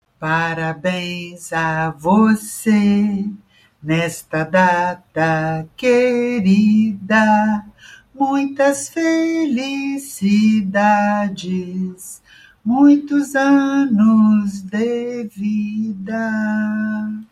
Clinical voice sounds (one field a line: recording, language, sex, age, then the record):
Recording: short text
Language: Brazilian Portuguese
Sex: female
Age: 70 to 79 years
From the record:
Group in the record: control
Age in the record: 70 years